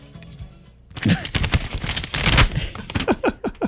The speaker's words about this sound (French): Attends, je vais vouloir que tu déballes la lettre aussi directement dans le micro magique aussi. Il faut que tu ouvres la feuille dans le micro magique.